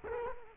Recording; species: mosquito wingbeat signal from an infrared sensor; Culex quinquefasciatus